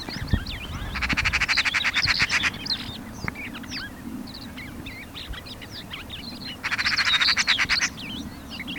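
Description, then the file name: Eurasian magpie harsh machine-gun chatter, one burst near the start and another near the end, with a busy background of twittering songbirds. "Pica pica"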